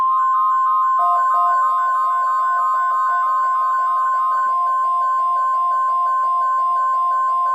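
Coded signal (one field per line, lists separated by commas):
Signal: Emergency Alert System (SAME) tones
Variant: 1050 Hz attention tone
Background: music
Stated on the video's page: Fictional EAS scenario alert, not a real broadcast.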